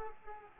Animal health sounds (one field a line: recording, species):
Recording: mosquito wingbeat signal from an infrared sensor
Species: Culex pipiens